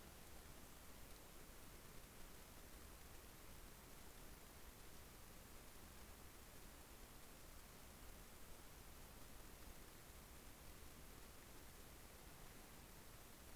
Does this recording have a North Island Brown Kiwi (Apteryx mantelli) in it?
no